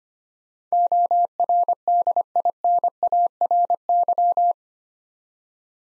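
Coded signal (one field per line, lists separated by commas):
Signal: Morse code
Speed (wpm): 25 wpm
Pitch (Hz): 700 Hz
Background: none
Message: ORDINARY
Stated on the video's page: Morse code practice of 8-letter words at 25 wpm, a word-copying drill.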